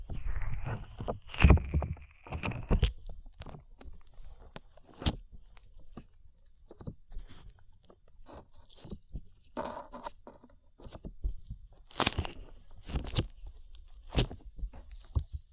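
Slime is being squished and pulled, making wet crackles, pops and stretchy crunches in uneven bursts. A dense, louder stretch of squelching comes near the start, then lighter scattered clicks. Sharp bright snaps stand out around five, twelve and fourteen seconds.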